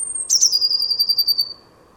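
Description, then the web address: Bird call: a high whistled note leads into a quick descending buzzy trill that fades after about a second, over quiet steady hum. "cianscape birddata Deverinetal 2025 Bird Only Cy Ca"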